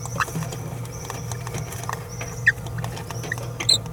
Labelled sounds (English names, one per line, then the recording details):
Green-rumped Parrotlet babbling
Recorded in a nest box in Venezuela
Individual 18B17A3